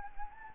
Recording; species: mosquito wingbeat signal from an infrared sensor; Anopheles gambiae